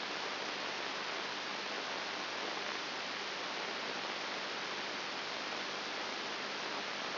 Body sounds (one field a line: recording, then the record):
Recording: brain microelectrode recording played as sound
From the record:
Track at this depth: inside the subthalamic nucleus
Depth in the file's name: 5.3 mm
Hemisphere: right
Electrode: 3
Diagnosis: Parkinson's disease